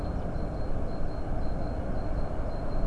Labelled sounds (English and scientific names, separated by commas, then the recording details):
Great Tit (Parus major)
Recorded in Germany
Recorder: ecoPi